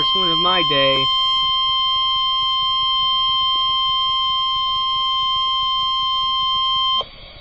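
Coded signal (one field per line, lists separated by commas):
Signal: Emergency Alert System (SAME) tones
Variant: 1050 Hz attention tone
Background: speech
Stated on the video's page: Severe Thunderstorm Warning for Lubbock County and other Texas counties.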